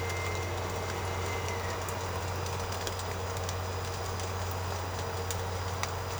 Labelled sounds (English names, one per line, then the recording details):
none
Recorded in secondary vegetation near Puerto Asís, Putumayo, Colombia, on 21 March 2025 at 13:00
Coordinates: 0.468, -76.324
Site G059